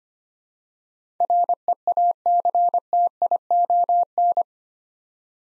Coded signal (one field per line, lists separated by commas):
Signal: Morse code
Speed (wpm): 25 wpm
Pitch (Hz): 700 Hz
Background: none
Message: REACTION